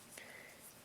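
A thumb safety lock on a folding knife handle is pushed forward to secure the knife, making a faint click at 0.2 s over quiet background noise. The lock slides into place, so the knife stays secure even with the button pushed.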